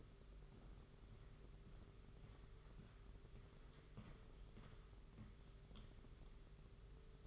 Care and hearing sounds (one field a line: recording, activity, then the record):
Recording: daily activity, microphone in the room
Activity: walk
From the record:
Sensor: 4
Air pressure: 991.5 hPa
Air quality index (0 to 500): 138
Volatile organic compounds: 56 ppm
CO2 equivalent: 3374 ppm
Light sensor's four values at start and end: 23/77/28/29 and 23/76/28/29